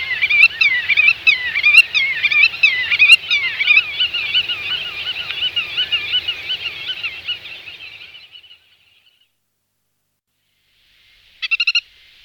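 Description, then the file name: Black-tailed godwit giving a rapid, wavering, yodelling run of notes that slowly fades over about eight seconds; after a pause, a brief burst of calls. "grutto"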